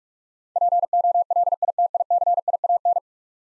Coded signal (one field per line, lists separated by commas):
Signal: Morse code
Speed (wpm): 41 wpm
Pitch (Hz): 700 Hz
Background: none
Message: POLITICIAN